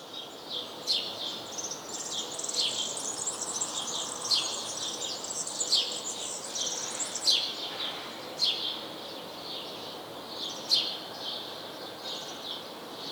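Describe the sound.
House sparrow chirping in a busy stream of high, clipped notes, the loudest spaced one to two seconds apart, over continuous high background chatter and hiss.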